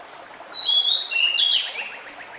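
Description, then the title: Pied Bushchat singing one quick whistled phrase of sliding notes, with a soft noisy background. Recording meant to help a decu that has stopped singing; decu is a territorial fighter-type bird. "Mengatasi burung decu yang macet bunyi"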